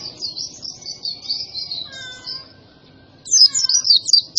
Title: Pleci Gacor 02. Masteran Burung PLECI Paling DICARI Untuk Cetak PRESTASI